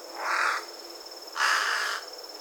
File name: Corvus corone